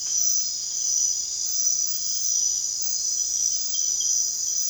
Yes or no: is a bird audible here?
no